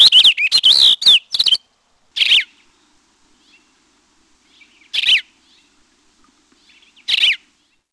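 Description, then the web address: Cassin's finch singing a short burst of quick, varied chirps, followed by three separate downslurred notes spaced a couple of seconds apart. "Peterson North American Birds"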